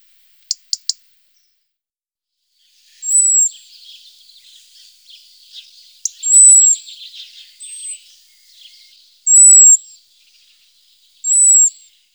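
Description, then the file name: European robin song: three quick ticks open, then several thin, very high whistled notes recur above a soft, scratchy twittering warble. "Rotkehlchen"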